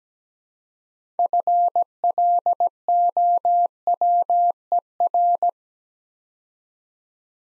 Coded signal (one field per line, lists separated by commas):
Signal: Morse code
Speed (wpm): 17 wpm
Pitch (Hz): 700 Hz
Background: none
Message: FLOWER